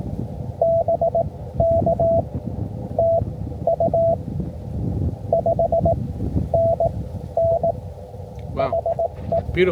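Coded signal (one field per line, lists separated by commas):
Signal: Morse code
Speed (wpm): 16 wpm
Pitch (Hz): 650 Hz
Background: speech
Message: BK TU 5NN HE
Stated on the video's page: Park activation, using a wire sloper antenna.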